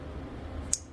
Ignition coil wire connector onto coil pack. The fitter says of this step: then make sure everything go inside and you hear a click sound in the end